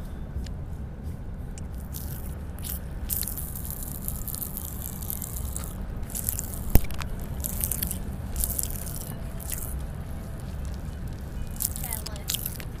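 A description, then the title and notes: Someone eats popping candy, with wet chewing, crackling fizz bursts through the middle, and a sharp click just before seven seconds. Eating pop rocks and random candy.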